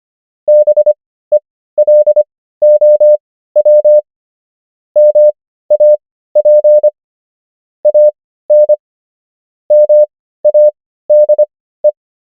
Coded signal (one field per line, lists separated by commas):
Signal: Morse code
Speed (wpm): 25 wpm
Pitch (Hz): 600 Hz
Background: none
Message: BELOW MAP AN MADE